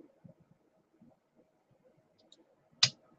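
A plastic transformation part of a Maketoys MT-03 Hypernovae (Nova Prime) toy robot figure is worked into alignment, with faint low handling bumps and rustles. Once everything lines up, it snaps into place with one sharp, bright click at 2.8 s, followed by quiet handling.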